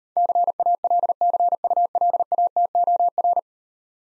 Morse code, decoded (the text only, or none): CALCULATOR